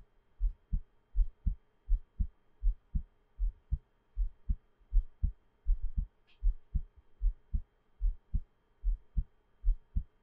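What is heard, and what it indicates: A normal adult heartbeat, heard through a close microphone at about 80 beats per minute as steady paired thumps. There is no talking.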